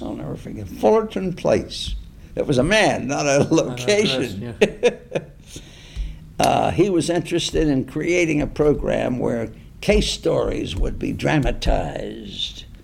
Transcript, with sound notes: I’ll never forget—Fullerton Place. It was a man, not a location. [laughs]
Uh-huh. Nice, yeah.
He was interested in creating a program where case stories would be dramatized